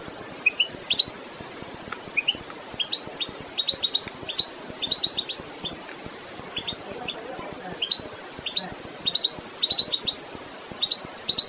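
Goldfinch song, loose sequence of high twittering chirps in small clusters, steady throughout against soft background noise.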